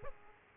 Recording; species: mosquito wingbeat signal from an infrared sensor; Aedes aegypti